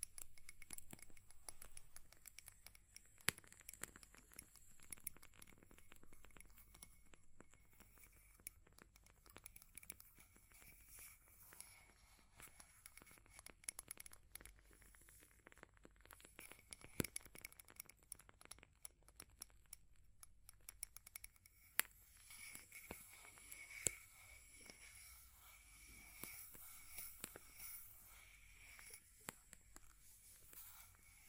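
Fire crackles steadily for the whole stretch, a dense run of small dry pops and ticks. Sharper snaps stand out now and then, near 3, 17 and 22 seconds. A faint, even hiss and a thin high whine sit beneath it throughout.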